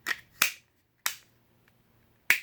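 A Spyderco Vallotton folding knife sits pinched between the two layers of a kydex auto-deploy sheath, and a gentle push on the sheath makes it click open at 0.4 s, releasing the knife ready to use. Other short, sharp snaps are heard at about 0.1, 1.1 and 2.3 s, with a faint tick near 1.7 s.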